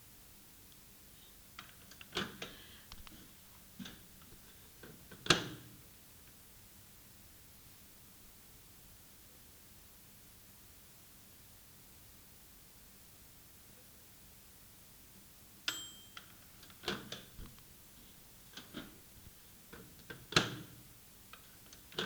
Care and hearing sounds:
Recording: daily activity, guitar pickup as the sensor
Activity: use microwave

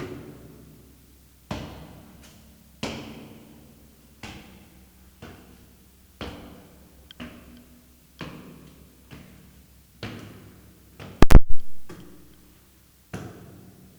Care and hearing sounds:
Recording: daily activity, guitar pickup as the sensor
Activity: go upstairs

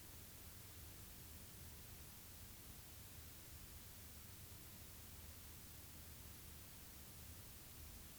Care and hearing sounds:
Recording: daily activity, guitar pickup as the sensor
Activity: stand

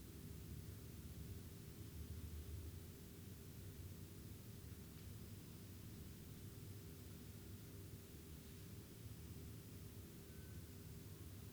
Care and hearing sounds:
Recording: daily activity, guitar pickup as the sensor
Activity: lie down

